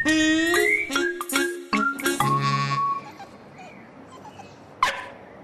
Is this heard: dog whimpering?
yes